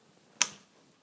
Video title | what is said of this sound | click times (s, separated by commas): Wingsland M5 Drone Unbox and Setup It's Solid | hear them click it in there? | 0.4 s